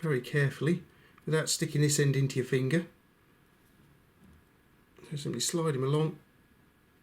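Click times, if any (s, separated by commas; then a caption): none. Someone talks while carefully sliding a replacement blade along the titanium holder of a Nitecore NTK05 folding knife, taking care not to stick the blade's end into a finger. Only faint, quiet handling sounds are heard between the speech. The blade has not snapped or seated yet.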